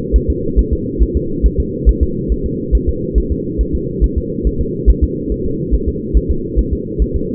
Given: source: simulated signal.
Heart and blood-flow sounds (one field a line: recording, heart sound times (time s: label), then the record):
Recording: fetal heart sounds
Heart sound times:
0.16 s: S1
0.30 s: S2
0.59 s: S1
0.73 s: S2
1.03 s: S1
1.17 s: S2
1.46 s: S1
1.60 s: S2
1.89 s: S1
2.03 s: S2
2.32 s: S1
2.46 s: S2
2.75 s: S1
2.89 s: S2
3.18 s: S1
3.32 s: S2
3.61 s: S1
3.75 s: S2
4.04 s: S1
4.18 s: S2
4.47 s: S1
4.61 s: S2
4.90 s: S1
5.04 s: S2
5.32 s: S1
5.46 s: S2
5.75 s: S1
5.88 s: S2
6.17 s: S1
6.31 s: S2
6.59 s: S1
6.73 s: S2
7.02 s: S1
7.16 s: S2
From the record:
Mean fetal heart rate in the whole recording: 140 bpm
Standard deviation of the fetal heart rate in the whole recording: 2 bpm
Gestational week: 34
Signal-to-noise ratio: -6.6 dB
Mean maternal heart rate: 72 bpm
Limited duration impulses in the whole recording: present